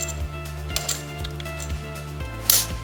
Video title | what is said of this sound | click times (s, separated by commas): GJP Flex fuel install on my GR86 | You should be able to hear it click when we push down on it. | 2.5 s